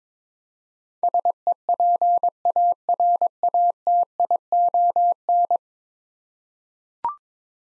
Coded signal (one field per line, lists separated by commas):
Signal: Morse code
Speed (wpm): 21 wpm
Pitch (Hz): 700 Hz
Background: none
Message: SEPARATION